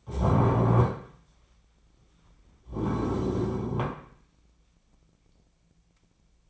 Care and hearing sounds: daily activity, microphone in the room; stand up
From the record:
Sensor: 1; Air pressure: 1009.3 hPa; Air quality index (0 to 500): 177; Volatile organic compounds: 3 ppm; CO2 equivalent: 1494 ppm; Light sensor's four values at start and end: 44/118/49/58 and 42/110/46/55

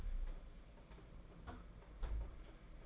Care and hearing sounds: daily activity, microphone in the room; close fridge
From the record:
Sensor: 5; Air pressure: 992.0 hPa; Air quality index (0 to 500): 199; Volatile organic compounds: 1000 ppm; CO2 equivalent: 5730 ppm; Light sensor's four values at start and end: 28/91/34/36 and 28/91/34/36

